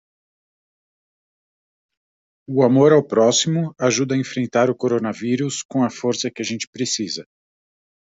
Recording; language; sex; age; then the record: spoken sentence; Brazilian Portuguese; male; 40 to 49 years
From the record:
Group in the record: control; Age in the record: 47 years